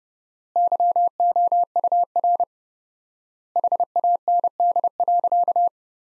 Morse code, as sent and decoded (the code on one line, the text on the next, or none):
-.-- --- ..- .-. / .... .- -. -.. .-.-.-
YOUR HAND.